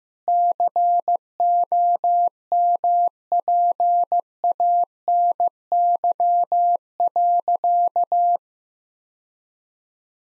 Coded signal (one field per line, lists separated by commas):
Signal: Morse code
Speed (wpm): 15 wpm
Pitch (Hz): 700 Hz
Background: none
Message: COMPANY.